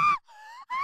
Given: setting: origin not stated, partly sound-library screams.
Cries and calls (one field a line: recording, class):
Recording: one-second piece from a danger detection set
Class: woman in danger